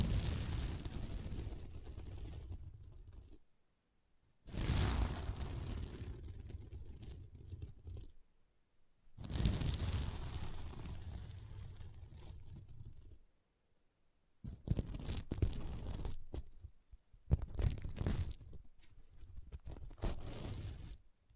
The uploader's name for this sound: SequinMermaid Pillow Scratching Sounds